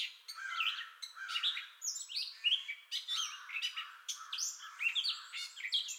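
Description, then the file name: Gray catbird song made of mewing, raspy and whistled notes tumbling together in a continuous, improvised-sounding sequence. Entire song bout, recorded 30 May 2021. "2021-05-30 Gray Catbird Entire Song Bout"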